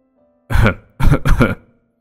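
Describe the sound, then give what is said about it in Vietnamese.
A man coughs three times in front of his wife, loud and husky: one single cough, a brief pause, then a quick pair of throaty coughs back to back, with no talking. “Anh Toàn ho lên mấy tiếng.”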